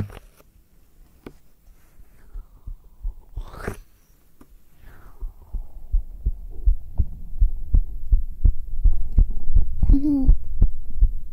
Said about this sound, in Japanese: ねえ、ちょっとだけ聞きたいんだけどさ、今の聞こえてる心音と、ちょっともう一回いくね。